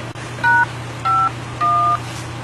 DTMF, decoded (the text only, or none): #51